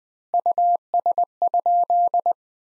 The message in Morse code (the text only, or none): US?